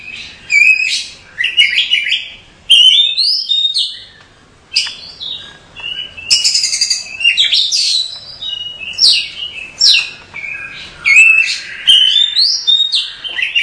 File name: suara burung kacer